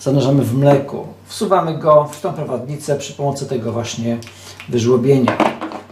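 Someone talks while the plastic cleaning element for the milk tube of a Saeco GranAroma espresso machine is slid along its profile into its guide, with a short sharp sound at 5.7 s. Nothing has clicked or seated yet.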